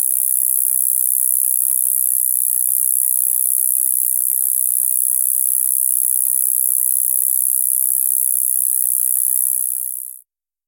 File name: Gampsocleis glabra